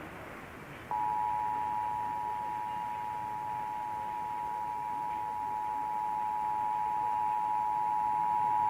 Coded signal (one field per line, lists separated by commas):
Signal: Emergency Alert System (SAME) tones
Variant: 853 and 960 Hz attention tone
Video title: Ohio Required Monthly Tests (EAS #555-556)